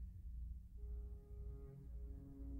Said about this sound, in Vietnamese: Tiếng còi tàu chợt vang lên lanh lảnh, xé tan buổi chiều thu hiu hắt. Tiếng còi tầm thường quen tai từ bao năm nay, hôm nay bỗng dưng xa lạ, sắc như một lưỡi dao khổng lồ, đâm vào lòng tôi một nhát chí tử.